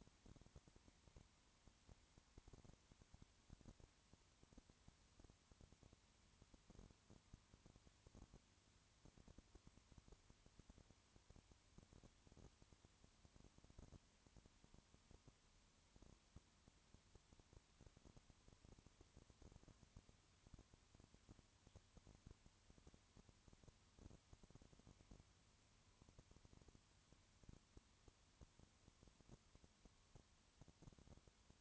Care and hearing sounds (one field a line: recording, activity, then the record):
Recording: daily activity, microphone in the room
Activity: no activity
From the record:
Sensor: 3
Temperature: 20.5 degrees Celsius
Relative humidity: 34.6%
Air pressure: 1001.0 hPa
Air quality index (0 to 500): 195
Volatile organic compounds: 6 ppm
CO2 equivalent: 1859 ppm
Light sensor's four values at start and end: 2/3/2/2 and 2/3/2/2